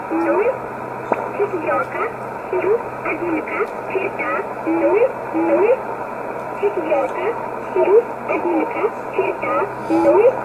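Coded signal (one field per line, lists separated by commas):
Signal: numbers station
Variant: S11a Cherta, Russian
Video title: 29 06 2020 S11a Cherta Numbers station in Russian 0701 on 9339 unknown tx site in USB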